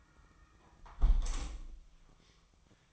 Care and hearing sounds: daily activity, microphone in the room; close window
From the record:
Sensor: 1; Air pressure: 1004.6 hPa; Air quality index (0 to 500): 108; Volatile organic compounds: 3 ppm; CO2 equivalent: 1485 ppm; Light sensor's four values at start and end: 9/21/8/9 and 8/21/8/9

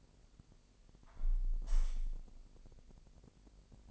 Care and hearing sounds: daily activity, microphone in the room; close window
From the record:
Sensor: 5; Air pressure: 1000.3 hPa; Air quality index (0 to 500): 248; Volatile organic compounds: 35 ppm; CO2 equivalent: 3054 ppm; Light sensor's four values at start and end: 34/79/31/30 and 34/79/31/30

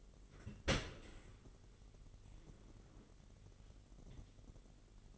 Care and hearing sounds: daily activity, microphone in the room; open dishwasher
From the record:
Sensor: 4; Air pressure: 999.1 hPa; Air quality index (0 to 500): 125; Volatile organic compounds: 2 ppm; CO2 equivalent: 1225 ppm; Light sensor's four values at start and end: 7/17/7/7 and 7/17/6/7

